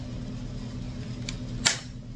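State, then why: Seated. A plastic part is pushed home onto the chassis of an MJX Hyper Go 16208 RC truck over a steady low hum, with a faint tick at 1.3 s. A sharp click at 1.7 s marks the part seating in place.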